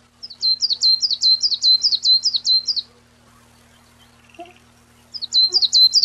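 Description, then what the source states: Common chiffchaff singing a brisk series of two-pitched notes, a pause, then the repeated chiff-chaff phrase starting again. Recorded 15 June 1993.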